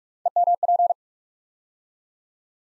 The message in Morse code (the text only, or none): EMP